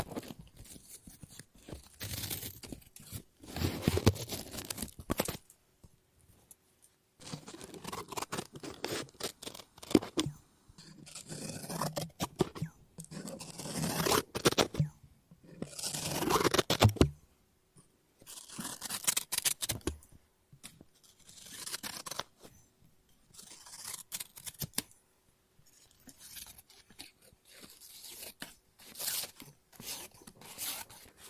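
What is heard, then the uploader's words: Paper is snipped and cut in bursts of crisp, bright rasping strokes, each lasting a second or two, with short quiet gaps between. ASMR Scissors No Talking Snips and Cutting Paper.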